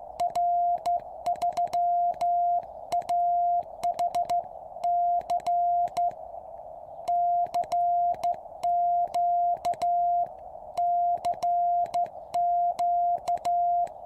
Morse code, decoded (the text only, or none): R3AHC CQ CQ